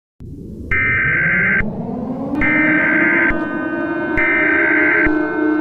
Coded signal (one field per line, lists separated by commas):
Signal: Emergency Alert System (SAME) tones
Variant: header bursts